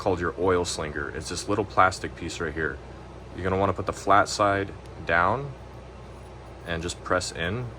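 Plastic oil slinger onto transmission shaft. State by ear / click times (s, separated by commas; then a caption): not seated / none. A plastic oil slinger is handled, to be placed flat side down and pressed onto the transmission shaft of an M5OD-R1 manual transmission from a 1993 Ford Ranger 2.3L 2WD during a rebuild. Someone talks throughout over a low steady background hum. Nothing has seated or clicked yet.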